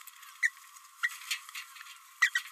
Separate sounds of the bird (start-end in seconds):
0.42-0.51, 1.02-1.10, 2.21-2.30, 2.34-2.39